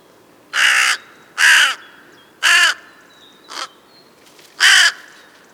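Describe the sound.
Crow giving a series of five harsh, raspy caws about one second apart, the fourth shorter and quieter.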